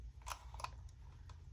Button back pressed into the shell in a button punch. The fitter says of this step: so that it's out and then we're going to squeeze till it clicks